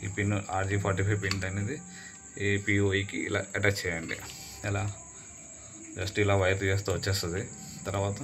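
An RJ45 network cable plug is handled at the port of a PoE power adapter for an AirFiber unit while someone talks over a steady high-pitched whine. Nothing has seated or clicked yet; the plug is not yet home in the port.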